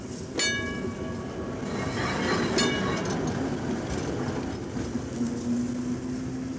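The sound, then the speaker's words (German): A scheduled railcar of the municipal tramway's Großer Ring line rolls slowly through the tram depot in hot midday sun at 12:25, with a steady low rumble, punctuated by two sharp metallic squeals or bell-like strikes early on and a rising tonal whine from the wheels near the end. “Über dem in heißer Mittagssonne liegenden Betriebshof der städtischen Straßenbahn fährt langsam der fahrplanmäßige Triebwagen des großen Rings, holt sich im Depot seinen Anhänger und begibt sich auf seine Tour durch die Stadt,”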